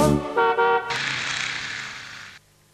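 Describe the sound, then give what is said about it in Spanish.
Two short, bright car horn honks in quick succession, followed by a steady rushing hiss of a passing vehicle that cuts off abruptly; no voices. “El auto se escuchó.”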